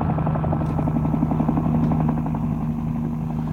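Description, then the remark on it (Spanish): A helicopter with Alvarito aboard comes in to land, its rotor beating in a fast, steady chop over a loud, droning engine hum that holds constant throughout, with no voices. “Pancracia infectada y un helicóptero aterrizando con Alvarito en su interior.”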